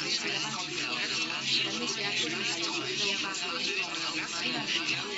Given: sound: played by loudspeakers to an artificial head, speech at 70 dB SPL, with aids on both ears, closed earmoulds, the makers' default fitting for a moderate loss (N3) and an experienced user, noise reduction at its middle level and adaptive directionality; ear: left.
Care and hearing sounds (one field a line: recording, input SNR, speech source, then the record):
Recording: speech test signal (ISTS) in cocktail-party noise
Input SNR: -6 dB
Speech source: on the right (90 degrees)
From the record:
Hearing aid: class 1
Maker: A